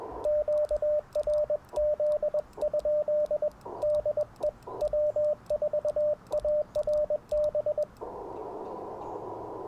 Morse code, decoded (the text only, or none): QRZ? DE W4ARB